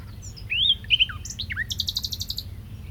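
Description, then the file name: Common nightingale singing a rising slurred whistle and short notes, then a rapid series of high, evenly repeated chipping notes. "Luscinia megarhynchos"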